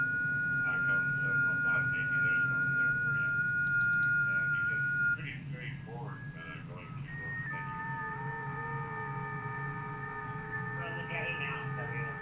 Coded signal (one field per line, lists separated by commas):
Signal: FT8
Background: speech